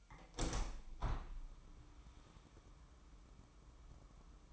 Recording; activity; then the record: daily activity, microphone in the room; open window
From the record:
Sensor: 1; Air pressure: 998.7 hPa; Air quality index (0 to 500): 123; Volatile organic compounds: 3 ppm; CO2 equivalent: 1469 ppm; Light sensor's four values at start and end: 7/18/7/9 and 8/19/8/9